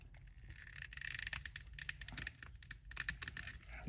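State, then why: Not seated. A plastic part of a NECA 2012 TMNT action figure is pressed again onto its ball joint peg, giving only scraping plastic and short sharp knocks at about 1.3, 1.9, 2.2, 3.0, 3.1 and 3.2 seconds over a low rumble. No pop is heard, and the joint has not seated yet.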